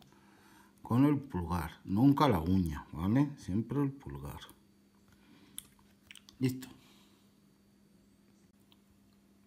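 A charging-port flex cable connector on an iPhone 6S is pressed with the thumb, not the fingernail, onto its socket on the phone's logic board. Someone talks, then after a quiet pause a loud, sharp click at 5.6 s marks the connector seating, followed by a few faint taps and more talk.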